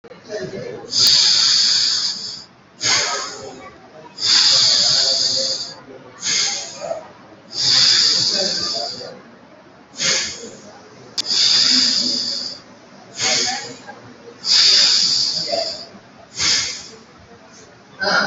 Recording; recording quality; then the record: deep breathing; excellent, no background noise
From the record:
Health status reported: COVID-19 positive, moderate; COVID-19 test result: positive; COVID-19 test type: RT-PCR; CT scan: taken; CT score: 6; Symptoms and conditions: fever, fatigue, muscle pain, diarrhoea, hypertension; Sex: male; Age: 45 years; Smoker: no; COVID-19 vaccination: one dose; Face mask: worn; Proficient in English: yes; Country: India